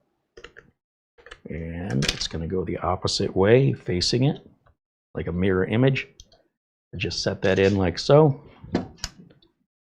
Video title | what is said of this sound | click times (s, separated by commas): The MINISFORUM MS-02 Ultra Workstation - RAM & SSD Installation | Just press it down. Locks in place. | 9.0 s